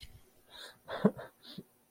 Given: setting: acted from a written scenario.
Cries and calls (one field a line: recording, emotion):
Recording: vocal sound without words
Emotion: sadness